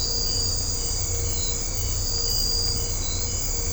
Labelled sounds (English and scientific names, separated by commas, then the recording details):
none
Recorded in secondary vegetation near Puerto Asís, Putumayo, Colombia, on 20 December 2024 at 00:00
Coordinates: 0.502, -76.326
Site G028